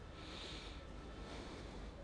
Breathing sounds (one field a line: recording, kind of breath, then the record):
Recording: one breath in and out by a microphone near the nose and mouth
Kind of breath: normal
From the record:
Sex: male